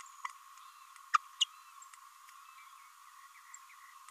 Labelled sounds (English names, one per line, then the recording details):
Green-rumped Parrotlet babbling
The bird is a male
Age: 27 days
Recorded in a nest box in Venezuela
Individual 17B32A6